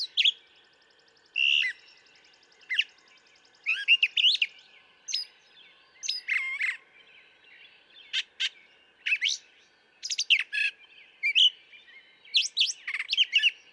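Brown thrasher delivering a long string of varied phrases, mixing sharp clicks, slurred whistles and harsh notes, each phrase brief and followed by a short gap.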